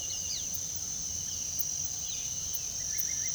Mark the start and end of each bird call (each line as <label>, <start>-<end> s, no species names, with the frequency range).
bird call (1.3-5.7 kHz), 0.00-0.59 s